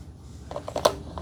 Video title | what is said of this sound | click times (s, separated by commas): Swiffer PowerMop UNBOXING & REVIEW * How to Clean with Mop* | like a notch for it to slide into, and it kind of clicks into place. | 0.9 s